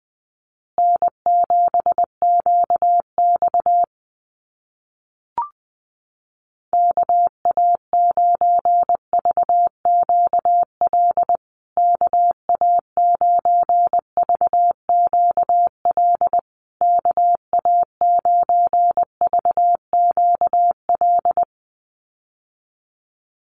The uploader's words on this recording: USA Call Signs Repeated 3x 20wpm. First, the callsign is sent 3x in Morse code. Finally, it is sent again in Morse code.